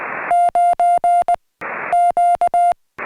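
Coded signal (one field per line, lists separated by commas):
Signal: Morse code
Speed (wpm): 18 wpm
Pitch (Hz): 700 Hz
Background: music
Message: 9 Q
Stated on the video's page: CW contacts made during a Summits on the Air activation on a volcanic cinder cone summit.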